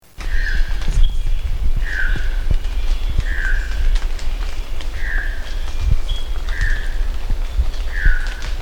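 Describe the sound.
Choco toucan giving croaking, slightly down-slurred calls repeated about every one and a half seconds over steady low rumbling noise.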